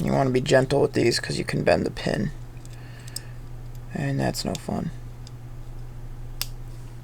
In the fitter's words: you go snapped in place all right so what you're going to do is